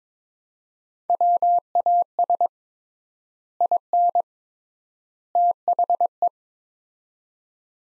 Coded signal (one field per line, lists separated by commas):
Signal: Morse code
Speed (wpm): 22 wpm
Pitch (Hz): 700 Hz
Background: none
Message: WAS IN THE